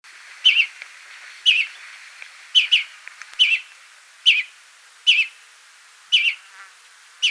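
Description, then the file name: Greenfinch giving clipped twittering call notes, some doubled, spaced about a second apart. "Chloris chloris"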